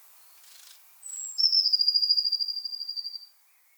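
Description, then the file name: Eurasian blue tit song: a thin high note, then a fast buzzy trill held on one pitch for about two seconds. "Cyanistes caeruleus"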